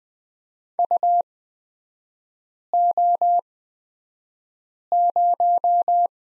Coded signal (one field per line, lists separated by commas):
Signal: Morse code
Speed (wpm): 20 wpm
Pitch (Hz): 700 Hz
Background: none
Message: UO0